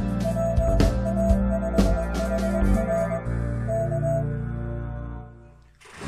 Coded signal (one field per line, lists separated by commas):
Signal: Morse code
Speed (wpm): 21 wpm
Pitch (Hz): 660 Hz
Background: music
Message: PA5HR K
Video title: Half Wave Dipole for 20 Meter Rotatable